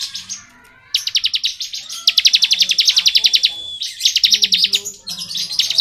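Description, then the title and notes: Bar-winged prinia song, a near-continuous run of rapid pulsed notes lasting several seconds, with a thin whistle threaded through. Song style called ngebren; recording used as training audio for oriental magpie-robins. "Ciblek Ngebren Untuk Masteran Murai Batu. Suara burung ciblek - Suara Nada"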